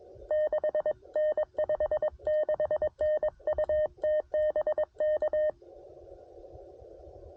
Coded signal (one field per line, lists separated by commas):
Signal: Morse code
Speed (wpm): 21 wpm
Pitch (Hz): 610 Hz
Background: none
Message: 6N 56N UT BK